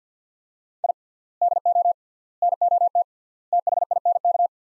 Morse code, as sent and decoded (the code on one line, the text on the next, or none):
.. / -.. --- / -. --- - / - .... .. -. -.-
I DO NOT THINK